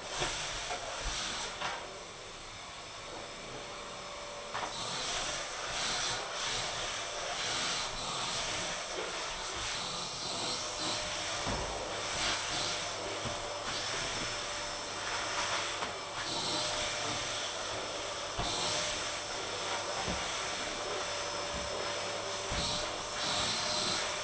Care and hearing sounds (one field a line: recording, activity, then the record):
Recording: daily activity, microphone in the room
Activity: vacuum cleaning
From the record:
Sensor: 5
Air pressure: 1000.2 hPa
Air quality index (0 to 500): 118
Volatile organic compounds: 1 ppm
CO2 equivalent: 939 ppm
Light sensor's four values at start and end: 143/335/144/156 and 147/344/149/162